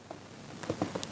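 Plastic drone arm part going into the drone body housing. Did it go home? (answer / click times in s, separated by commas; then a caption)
yes / 1.0 s. While reassembling the arm and wiring of a DJI Mini 2 drone, a plastic arm part is pressed into the drone body housing, with a few soft plastic taps and rubs around 0.1, 0.6, 0.7 and 0.8 seconds. A short, sharp click at 1.0 seconds marks the part snapping into place, and it is seated.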